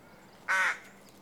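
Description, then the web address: Rook producing a single short, raspy caw lasting about a third of a second, with quiet background. Adult rook call. "The BBC Sound Effects Library. Rook (Corvus Frugilegus) Adult"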